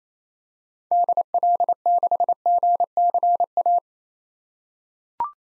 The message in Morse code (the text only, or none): DL6GCA